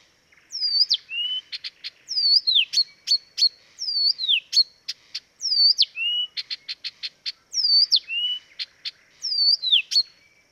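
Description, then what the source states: Blyth's reed warbler song: clear whistled phrases sliding down from high to lower pitch, alternating with rapid bursts of sharp clicks, repeated several times. Dviete.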